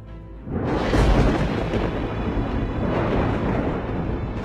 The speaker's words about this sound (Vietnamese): Một tia đại lôi từ trên cao được pháp trận dẫn xuống giáng thẳng vào tấm ngọc bích. Tiếng nổ đùng đùng đinh tai nhức óc.